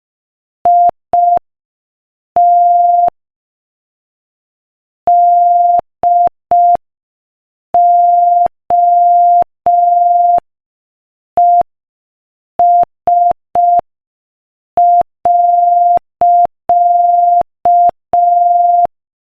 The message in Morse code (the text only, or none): IT DOES.